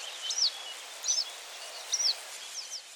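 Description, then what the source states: Western yellow wagtail calls, thin high descending squeaks given about three or four times over a few seconds, with a soft background hiss. Female calling with ringing squeaks while chasing insects and other invertebrates on a mown field.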